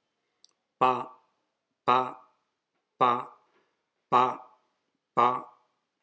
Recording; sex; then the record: repeated syllable /pa/; male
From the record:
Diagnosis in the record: healthy control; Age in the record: 76 years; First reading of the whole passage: 56 s, 9.2 characters per second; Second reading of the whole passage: 53 s, 9.7 characters per second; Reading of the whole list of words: 49 s, 5.7 characters per second